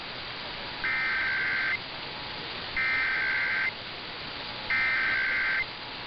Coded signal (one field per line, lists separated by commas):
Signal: Emergency Alert System (SAME) tones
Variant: header bursts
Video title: *RARE!* Radio Sputnik (WZHF-AM 1390 khz) National EAS/EAN 10/4/2023